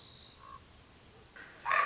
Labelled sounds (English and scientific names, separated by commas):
Common Raven (Corvus corax)